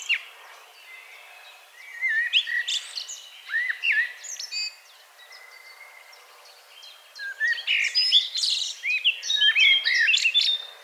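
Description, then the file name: Common blackbird giving low fluted warbles followed by thin scratchy twittering, two phrases separated by a quiet gap with faint birds. "Turdus merula"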